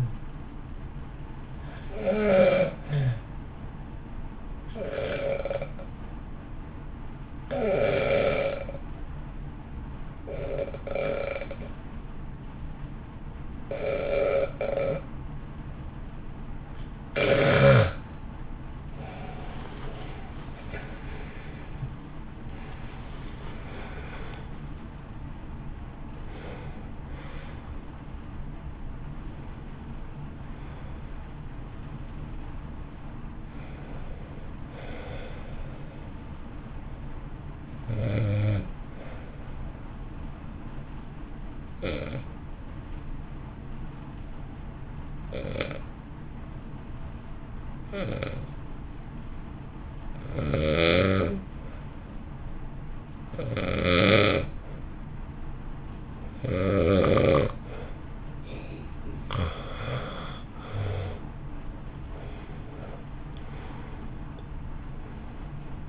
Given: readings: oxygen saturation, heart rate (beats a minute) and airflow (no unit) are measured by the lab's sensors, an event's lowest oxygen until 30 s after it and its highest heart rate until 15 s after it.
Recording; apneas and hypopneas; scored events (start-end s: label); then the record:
breathing in sleep by a smartphone at the bedside; 2
9.00-22.40 s: hypopnea (REM, oxygen 93% highest, then 89% lowest, heart rate 57 at the start, 74 highest)
19.00-65.89 s: new sleep stage, N1 (lightest sleep)
35.00-57.30 s: hypopnea (N1, oxygen 96% highest, then 86% lowest, heart rate 51 at the start, 62 highest)
From the record:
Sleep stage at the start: REM sleep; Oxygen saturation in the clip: 89 to 96%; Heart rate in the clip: 50 to 74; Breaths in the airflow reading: 11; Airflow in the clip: -4.3 to 8.3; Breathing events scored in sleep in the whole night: 328 in 6.3 hours asleep